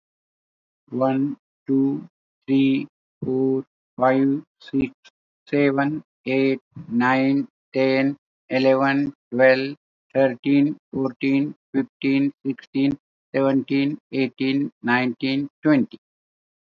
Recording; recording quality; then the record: counting at a normal pace; excellent, no background noise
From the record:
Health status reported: healthy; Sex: male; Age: 79 years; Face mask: not worn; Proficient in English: yes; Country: India